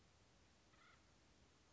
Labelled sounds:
Acorn Woodpecker (Melanerpes formicivorus)
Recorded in Sonoma County, California

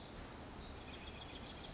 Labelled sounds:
Pacific Wren (Troglodytes pacificus)
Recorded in Sonoma County, California

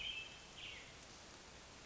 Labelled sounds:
American Robin (Turdus migratorius)
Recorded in Sonoma County, California

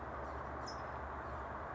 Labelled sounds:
California Towhee (Melozone crissalis)
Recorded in Sonoma County, California

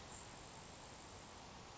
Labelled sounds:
Grasshopper Sparrow (Ammodramus savannarum)
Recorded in Sonoma County, California

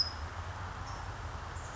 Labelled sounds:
California Towhee (Melozone crissalis)
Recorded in Sonoma County, California

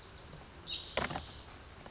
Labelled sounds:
Spotted Towhee (Pipilo maculatus)
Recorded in Sonoma County, California

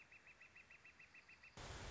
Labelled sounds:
Northern Flicker (Colaptes auratus)
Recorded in Sonoma County, California

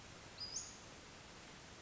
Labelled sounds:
Western Flycatcher (Empidonax difficilis)
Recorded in Sonoma County, California

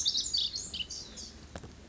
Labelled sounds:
Pacific Wren (Troglodytes pacificus)
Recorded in Sonoma County, California

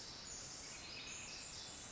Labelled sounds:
Pacific Wren (Troglodytes pacificus)
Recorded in Sonoma County, California

